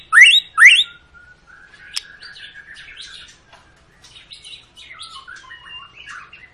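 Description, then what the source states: White-rumped shama with two loud sweeping whistles, then a long softer run of warbling and twittering notes. Long, lively lure song of a white-rumped shama, used to prompt other birds to sing.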